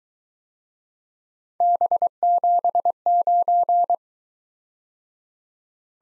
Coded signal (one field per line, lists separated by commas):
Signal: Morse code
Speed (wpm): 23 wpm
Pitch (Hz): 700 Hz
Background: none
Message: B79